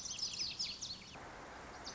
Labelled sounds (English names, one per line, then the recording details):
Lazuli Bunting
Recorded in Sonoma County, California